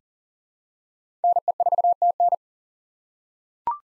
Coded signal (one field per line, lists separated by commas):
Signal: Morse code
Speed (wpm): 40 wpm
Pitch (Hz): 700 Hz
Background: none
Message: NE4TN